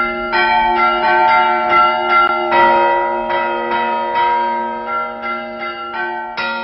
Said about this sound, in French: Un sonneur de cloche dont l'art est en voie de disparition.